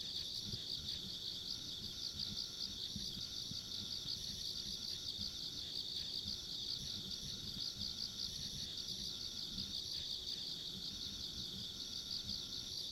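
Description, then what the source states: Insects trilling in a steady high shimmering chorus, continuous with faint pulsing, over low rumbling background noise. Insects along a rural country road, ambient sound.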